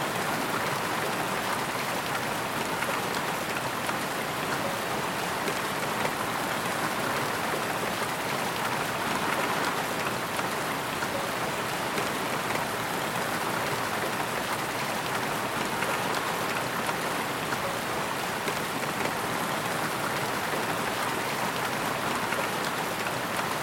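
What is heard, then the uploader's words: Steady rain falls without a break, a dense hiss of countless drops spread evenly across the whole stretch. The sound is bright, with fine patter on a surface and almost nothing in the low end. No thunder or other events stand out. Rain No Thunder.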